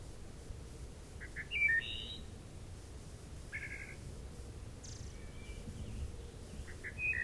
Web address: Wood Thrush